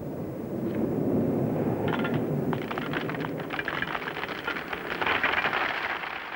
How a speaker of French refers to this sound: La pluie tombe, mais moi je bénis ce déluge. La pluie tombe et chante sur le toit